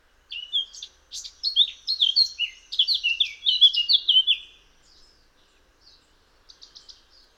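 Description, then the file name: Eurasian blackcap song, a hurried run of clear warbled notes over about four seconds, followed by faint, soft high ticking and short trailing phrases. "Sylvia atricapilla"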